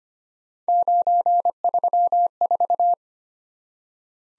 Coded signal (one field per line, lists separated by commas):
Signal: Morse code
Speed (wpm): 25 wpm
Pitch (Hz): 700 Hz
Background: none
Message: 934